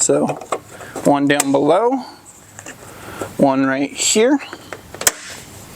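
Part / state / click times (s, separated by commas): plastic push-in insert into inner fender hole / seated / 5.1 s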